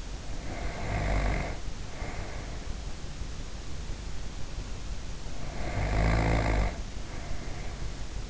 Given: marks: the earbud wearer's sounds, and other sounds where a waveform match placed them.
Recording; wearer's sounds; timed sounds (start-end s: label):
sounds in sleep by an in-ear microphone; snoring breath
0.18-2.81 s: snoring breath
5.21-8.30 s: snoring breath